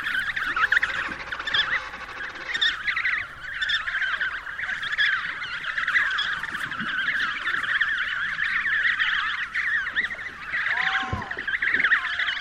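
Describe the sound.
Penguin colony din: countless overlapping honking, braying calls in a constant dense chorus, with one clearer descending call near the end.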